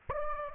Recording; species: mosquito wingbeat signal from an infrared sensor; Aedes aegypti